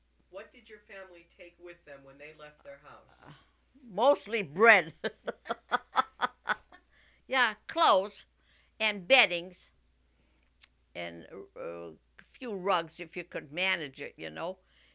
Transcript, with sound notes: What did your family take with them when they left their house?
Mostly bread. ( they laugh ) Yeah, clothes and beddings, and a few rugs, if you could manage it, you know?